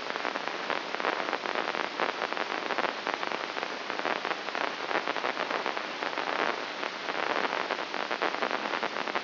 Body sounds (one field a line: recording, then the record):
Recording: brain microelectrode recording played as sound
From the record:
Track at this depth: inside the subthalamic nucleus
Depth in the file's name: 4.23 mm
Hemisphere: left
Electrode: 3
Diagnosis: Parkinson's disease